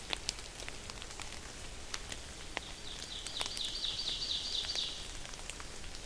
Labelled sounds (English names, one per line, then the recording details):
Ovenbird song
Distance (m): 75 m
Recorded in boreal forest in Alberta, Canada, on 28 May 2016 at 08:54
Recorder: SongMeter 3, array SBT-3-49
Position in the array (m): 54 m, 148 m
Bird 15